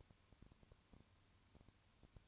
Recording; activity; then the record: daily activity, microphone in the room; no activity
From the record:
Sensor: 2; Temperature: 20.3 degrees Celsius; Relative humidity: 35.6%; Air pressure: 1000.9 hPa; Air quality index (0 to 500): 196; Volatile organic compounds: 5 ppm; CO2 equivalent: 1729 ppm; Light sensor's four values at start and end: 2/3/2/2 and 2/3/2/2